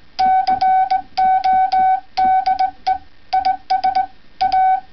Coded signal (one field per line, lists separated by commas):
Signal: Morse code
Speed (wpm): 20 wpm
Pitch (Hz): 760 Hz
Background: none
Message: CODE IS A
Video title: OH6DC Cross country ski shoe CW key